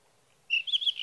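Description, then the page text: Sage thrasher song fragment, a short burst of warbled, slurred high notes after a moment of quiet. Songs of a male at his night roost, sung through the night, June 12 to 15, 2018, Sierra Valley, California; recorded with a Swift recorder. "61. Sage thrasher songs, through the night."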